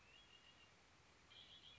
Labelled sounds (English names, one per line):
Red-winged Blackbird